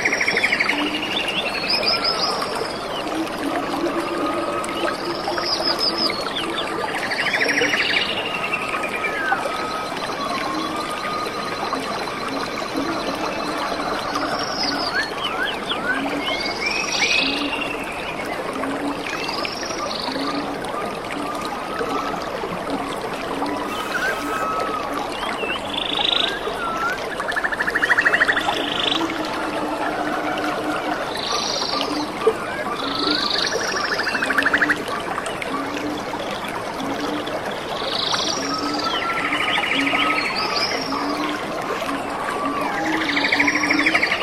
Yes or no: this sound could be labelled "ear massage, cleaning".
no